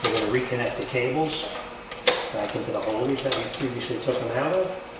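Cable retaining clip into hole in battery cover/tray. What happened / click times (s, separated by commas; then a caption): The clip is being handled but has not yet seated / none. On a 2005-2013 Buick Lacrosse, during battery replacement, the cable retaining clips are being pushed back into the holes in the battery cover/tray while the battery area cover is reinstalled. Someone talks throughout over faint handling noise, with one brief sharp tap near 2.1 seconds. Nothing has seated or clicked yet.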